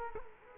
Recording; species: mosquito wingbeat signal from an infrared sensor; Culex quinquefasciatus